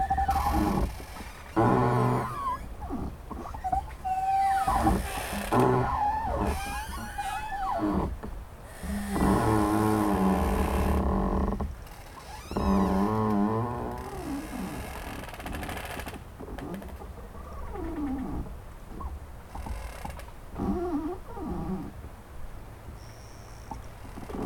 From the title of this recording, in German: Knarrende Bäume im Wind